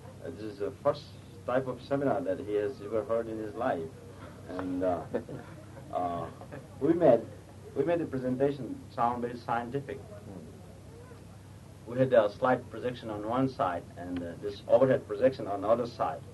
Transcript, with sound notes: this is the first type of seminar that he has ever heard in his life. [Prabhupāda chuckles] We made the presentation sound very scientific. We had the slide projection on one side, and this overhead projection on the other side.